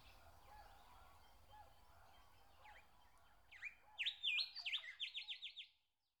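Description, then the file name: Nightingale song: faint scattered notes, then a loud run of repeated sweeping notes that stops abruptly, over low background rumble. "Nature Sounds - Song of the nightingale"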